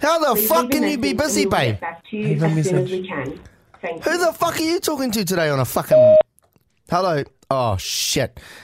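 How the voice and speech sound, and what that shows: An adult man's speech during a phone call is broken by sudden, loud bursts of swearing, such as "fuck" and a drawn-out "oh shit". These overlap a recorded phone hold message and a short beep, followed by a plain "hello". The outbursts fit coprolalic vocal tics of Tourette syndrome, a disability the man has.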